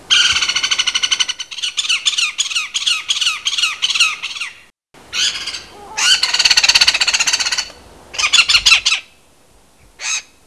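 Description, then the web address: Great spotted cuckoo giving harsh, rattling chatter calls in fast repeated bursts, with a long rapid series at first, then shorter grating bursts and a final brief note. "clamator glandarius call"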